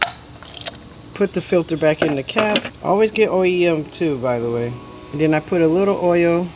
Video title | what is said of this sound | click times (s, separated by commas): HOW TO CHANGE OIL ON MASERATI GHIBLI! Quick and easy way to save hundreds of dollars. | Put that down in the middle there, and then this goes on top of that and you'll hear it click. | 0.0 s